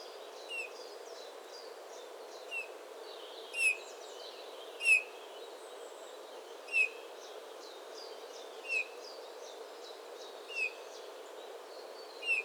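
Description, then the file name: Eurasian bullfinch giving soft, short piping whistles repeated every one to two seconds, with faint high chirps of other birds behind. "Pyrrhula pyrrhula"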